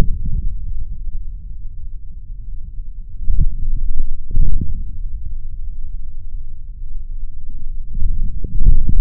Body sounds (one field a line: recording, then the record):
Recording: forearm muscle sounds (acoustic myography)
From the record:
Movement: forearm pronation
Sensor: system 3, bracelet of six PUI Audio POM-2738L microphones around the upper forearm, with dedicated amplification and filtering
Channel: 3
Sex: male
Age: 26 years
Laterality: right